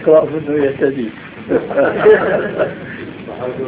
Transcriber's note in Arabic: ضحك الشيخ رحمه الله تعالى